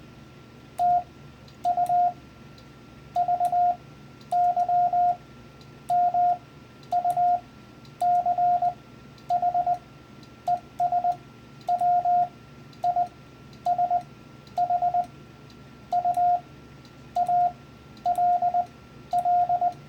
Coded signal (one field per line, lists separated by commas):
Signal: Morse code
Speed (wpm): 20 wpm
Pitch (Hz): 710 Hz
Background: radio noise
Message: TU VY MUCH ES WISH U ALL